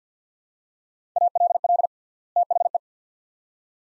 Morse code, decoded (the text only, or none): ALL THE